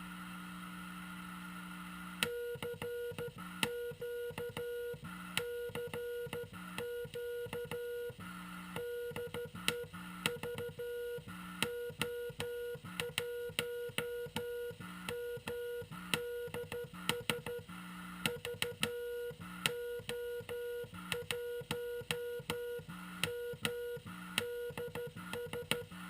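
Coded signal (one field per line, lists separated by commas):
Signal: Morse code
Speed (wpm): 13 wpm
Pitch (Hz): 480 Hz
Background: none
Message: CQ CQ DE VO1MDS VO1MDS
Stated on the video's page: QRP CW transceiver on 7.023 MHz.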